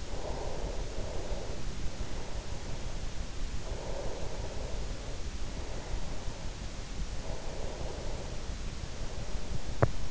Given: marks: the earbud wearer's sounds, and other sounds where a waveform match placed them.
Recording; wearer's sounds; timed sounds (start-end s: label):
sounds in sleep by an in-ear microphone; breath
0.00-3.37 s: breath
3.59-6.85 s: breath
7.11-10.11 s: breath
9.67-10.11 s: sound from someone else or the room